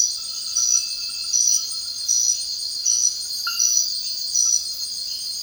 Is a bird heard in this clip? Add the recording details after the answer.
no. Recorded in dense forest near Puerto Asís, Putumayo, Colombia, on 19 February 2024 at 03:00. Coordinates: 0.481, -76.318. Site G6421